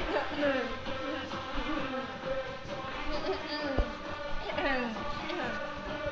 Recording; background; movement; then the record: throat clearing; music; walking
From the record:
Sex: female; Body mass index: 18.3 kg/m2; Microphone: on the chest, facing outward